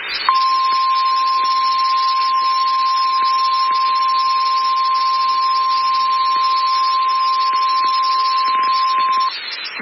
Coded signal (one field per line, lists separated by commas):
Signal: Emergency Alert System (SAME) tones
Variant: 1050 Hz attention tone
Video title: Eas Shv Toa on WXK23 Eas#1904